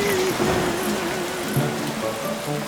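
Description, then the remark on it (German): Heavy monsoon rain in India pours down in a dense, unbroken hiss, steady and loud throughout, with a faint sustained low tone running beneath the downpour. “Das gallische Wunder hat endlich den Monsun ausgelöst.”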